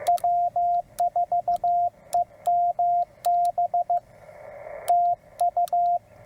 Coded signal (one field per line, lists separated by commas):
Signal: Morse code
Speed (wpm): 15 wpm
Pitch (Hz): 700 Hz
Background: radio noise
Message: W4EMB TU